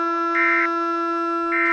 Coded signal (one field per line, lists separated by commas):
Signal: Emergency Alert System (SAME) tones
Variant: end-of-message bursts